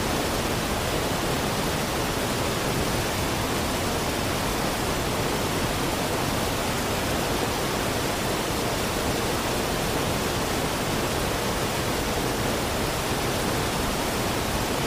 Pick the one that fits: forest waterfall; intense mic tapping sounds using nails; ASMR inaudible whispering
forest waterfall